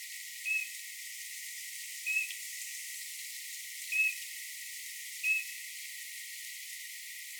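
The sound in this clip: Eurasian bullfinch calls, four soft short whistled notes spaced well apart over a steady hiss.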